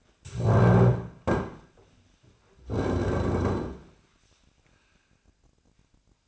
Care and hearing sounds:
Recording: daily activity, microphone in the room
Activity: stand up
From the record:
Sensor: 2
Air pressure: 1009.2 hPa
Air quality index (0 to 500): 170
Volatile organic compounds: 2 ppm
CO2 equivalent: 1238 ppm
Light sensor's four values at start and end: 40/109/45/51 and 41/109/46/51

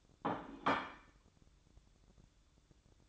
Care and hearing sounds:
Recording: daily activity, microphone in the room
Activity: place plate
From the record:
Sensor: 3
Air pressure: 1007.5 hPa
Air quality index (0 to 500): 58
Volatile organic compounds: 1 ppm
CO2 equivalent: 604 ppm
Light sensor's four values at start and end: 10/24/10/10 and 10/24/10/10

